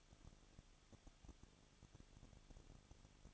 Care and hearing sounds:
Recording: daily activity, microphone in the room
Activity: no activity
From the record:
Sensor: 4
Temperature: 23.0 degrees Celsius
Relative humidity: 34.2%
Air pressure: 1007.3 hPa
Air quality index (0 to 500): 214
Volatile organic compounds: 14 ppm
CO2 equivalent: 2470 ppm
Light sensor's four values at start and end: 2/3/1/1 and 2/3/1/1

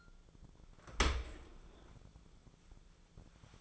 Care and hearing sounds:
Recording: daily activity, microphone in the room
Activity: open dishwasher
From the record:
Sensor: 5

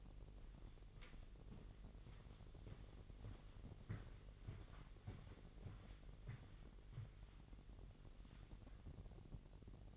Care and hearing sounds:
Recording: daily activity, microphone in the room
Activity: walk to room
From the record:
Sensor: 4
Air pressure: 1013.0 hPa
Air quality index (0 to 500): 239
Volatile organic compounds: 4 ppm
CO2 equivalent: 1594 ppm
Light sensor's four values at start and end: 34/80/33/33 and 33/78/32/32

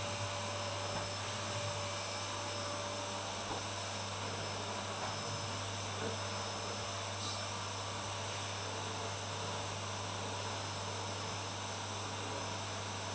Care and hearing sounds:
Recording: daily activity, microphone in the room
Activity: vacuum cleaning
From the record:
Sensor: 2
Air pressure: 1007.5 hPa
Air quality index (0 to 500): 32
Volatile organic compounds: 1 ppm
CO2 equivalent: 520 ppm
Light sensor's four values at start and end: 7/16/6/7 and 7/16/6/6

